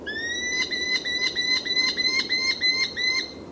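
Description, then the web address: Merlin: a quick series of sharp notes over a steady, slightly rising high tone. "here come the merlins"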